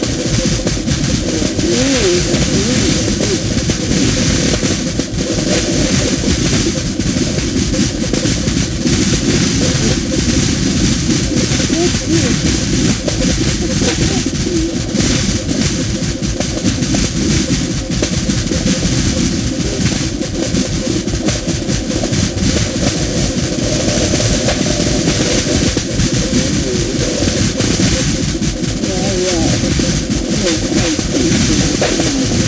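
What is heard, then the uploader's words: A dense, steady wash of field recording sits under a low, churning rumble much like an idling engine or passing traffic, with a constant hiss on top. A thin, wavering tone hovers in the middle throughout, and the loudness never lets up. Film tins filled with objects including nails, tacks, ball bearings and other miscellaneous objects. The film tins were then equipped with piezo microphones plugged into amps then placed atop upward facing speakers. Field recordings, synth tones and feedback were then mixed into the speakers with the film tins on top.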